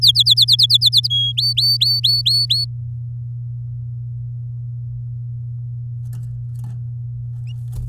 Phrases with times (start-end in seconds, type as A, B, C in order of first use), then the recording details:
0.01-1.08 A, 1.10-1.32 B, 1.37-2.65 C. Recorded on 9 May 2018 at 12:59. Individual llb16